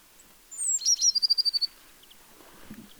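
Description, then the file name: Eurasian blue tit song: two thin high descending notes, then a fast trill of about eight short even notes, with a brief low rumble after. "Cyanistes caeruleus"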